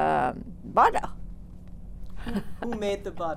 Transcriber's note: she laughs